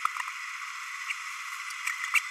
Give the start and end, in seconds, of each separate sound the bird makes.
1.09-1.13, 2.13-2.19